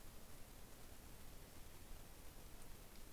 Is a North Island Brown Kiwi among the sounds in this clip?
no